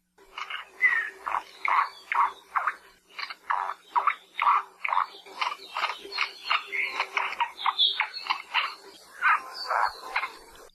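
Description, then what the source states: Akohekohe calling: a fast, uneven series of harsh, buzzy notes repeated a couple of times per second, with a faint steady hum beneath. Critically endangered native Hawaiian bird, fewer than 2,000 left, found only in high wet forest on Haleakala volcano, Maui; name may derive from its varied sounds, which resemble the name.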